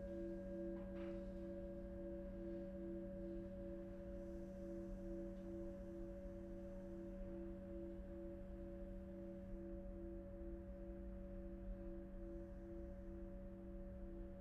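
A sound bath of singing bowls holds steady, low ringing tones, one pulsing in a slow regular wobble, with a brief soft strike near the start.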